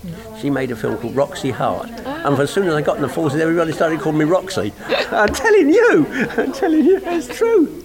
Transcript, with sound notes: She made a film called Roxy Hart.
Ah!
And as soon as I got in the Forces everybody started calling me Roxy! [laughs] I'm telling you! Telling you, that's true!
Aw.